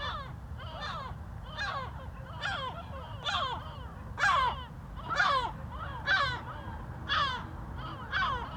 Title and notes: GC-200, 35489 Agaete, Las Palmas, Espagne - Mouettes - Seagulls. Des mouettes en bord de falaise, en bas l'activité de Puerto de Las Nieves, et les voitures